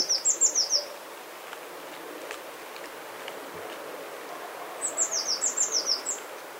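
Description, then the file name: Eurasian blue tit giving quick runs of about six thin, very high descending notes, one burst at the start and another after a quiet gap, with soft steady background noise. "Cyanistes caeruleus"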